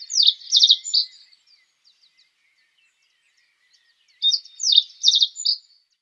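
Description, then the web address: Reed bunting singing two brief phrases of high, slurred notes with a fast buzzy trill in the middle, a quiet gap of about three seconds between them. "Schulze Peter Reed Bunting song"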